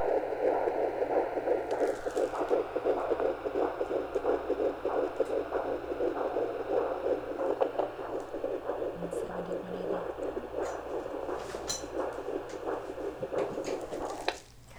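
Rapid whooshing pulses near 170 a minute over a steady hum: a fetal heartbeat on Doppler at 11 weeks of pregnancy.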